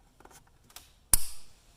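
A tool is pushed through the retaining clip on the oil filter housing or oil cooler fitting of an Audi A3, A4, A6, TT or VW Passat 2.0T until it comes out the other side, so the part can be pulled off. A few faint ticks come first, then the clip releases with a sharp, loud click at 1.1 s that rings out briefly. The retaining clip is released.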